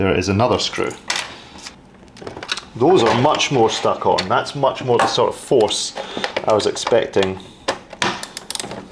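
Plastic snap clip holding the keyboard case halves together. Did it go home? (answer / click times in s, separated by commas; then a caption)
released / 8.0 s. Someone talks while prying apart the plastic snap clips that hold together the keyboard case halves of a 1985 Sharp PC-7000 portable PC, a job that needs more force than the earlier parts did. A quick series of light ticks sounds around 2.1–2.5 s. At 8.0 s a clip lets go with a sharp, loud click, and the case clip is released.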